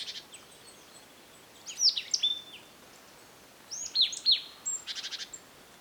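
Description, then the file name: Marsh tit: two groups of sharp, high, downslurred whistled notes, the second ending in a rapid rattle. "Poecile palustris"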